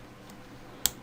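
A black locking tab on a laptop motherboard's ribbon-cable connector, which holds the keyboard cable in place, is lifted by hand. After near silence, one sharp, bright click sounds at 0.9 s as the latch flips open, releasing the keyboard cable connector.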